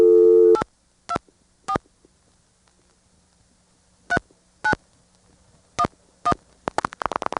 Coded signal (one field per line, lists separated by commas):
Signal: DTMF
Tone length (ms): 70 ms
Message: 824 3911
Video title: ITT Pentaconta Crossbar Switch in Asheboro NC 2nd pgm, March 1977